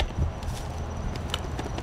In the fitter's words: you rotate till you hear the clicks and